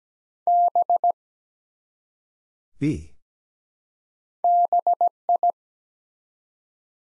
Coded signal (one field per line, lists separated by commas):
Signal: Morse code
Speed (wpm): 17 wpm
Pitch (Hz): 700 Hz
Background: none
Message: B BI